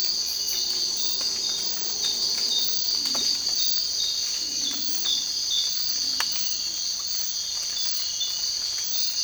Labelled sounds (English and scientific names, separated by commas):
none